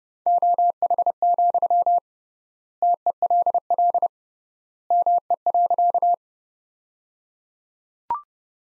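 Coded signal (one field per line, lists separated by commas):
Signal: Morse code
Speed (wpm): 29 wpm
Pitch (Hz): 700 Hz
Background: none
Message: OH, TELL ME.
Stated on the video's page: Morse practice sentences from the top 500 words at 30 wpm with 3x word spacing, a Farnsworth-like method.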